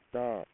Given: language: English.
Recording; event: throat vibration sensor signal played as sound; speech